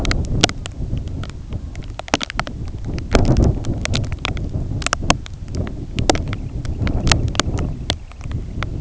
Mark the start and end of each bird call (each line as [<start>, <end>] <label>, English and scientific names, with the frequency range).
[6.21, 8.57] Semipalmated Sandpiper (Calidris pusilla) (1.6-3.2 kHz)